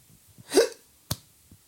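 An adult takes a brief, rushing intake of breath. About half a second later comes a single abrupt, sharp, click-like gulp. This is a hiccup: a sudden involuntary spasm of the diaphragm with the vocal cords snapping shut.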